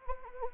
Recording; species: mosquito wingbeat signal from an infrared sensor; Anopheles arabiensis